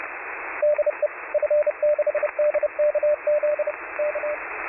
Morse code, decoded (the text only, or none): DE F6DKZ K